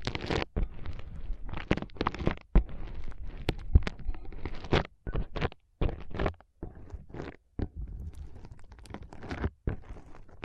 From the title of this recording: ASMR Powerful Foam Brain Massage